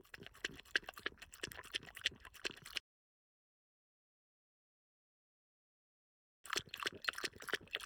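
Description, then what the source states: French Bulldog lapping water, quick wet splashy laps about three per second, broken by nearly four seconds of silence before the lapping resumes. French Bulldog drinking.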